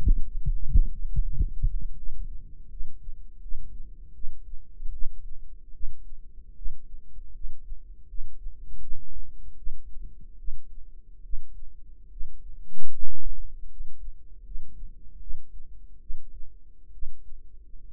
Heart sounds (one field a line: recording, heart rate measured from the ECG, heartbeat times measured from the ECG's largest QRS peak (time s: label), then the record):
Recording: heart sounds by microphone in the right ear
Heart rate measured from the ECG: 76 bpm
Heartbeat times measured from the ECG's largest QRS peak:
0.51 s: heartbeat
1.22 s: heartbeat
1.95 s: heartbeat
2.68 s: heartbeat
3.40 s: heartbeat
4.12 s: heartbeat
4.90 s: heartbeat
5.71 s: heartbeat
6.53 s: heartbeat
7.32 s: heartbeat
8.06 s: heartbeat
8.79 s: heartbeat
9.55 s: heartbeat
10.36 s: heartbeat
11.21 s: heartbeat
12.08 s: heartbeat
12.90 s: heartbeat
13.67 s: heartbeat
14.42 s: heartbeat
15.18 s: heartbeat
15.98 s: heartbeat
16.90 s: heartbeat
17.90 s: heartbeat
From the record:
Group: healthy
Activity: light exercise 0-2 s, rest 2-18 s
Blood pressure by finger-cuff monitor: 100/46 mmHg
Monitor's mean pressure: 58 mmHg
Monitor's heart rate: 80 bpm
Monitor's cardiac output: 7.5 L/min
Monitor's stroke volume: 94 mL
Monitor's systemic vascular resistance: 560 dyn s/cm5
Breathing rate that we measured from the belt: 11 breaths a minute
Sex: male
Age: 25 years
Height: 170 cm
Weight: 70.4 kg